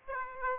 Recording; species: mosquito wingbeat signal from an infrared sensor; Aedes aegypti